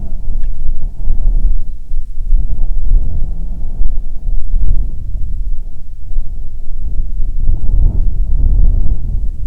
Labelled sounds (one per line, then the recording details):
wind
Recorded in the Prudhoe Bay oil fields, Alaska, on 7 August 2019 at 14:53
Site 17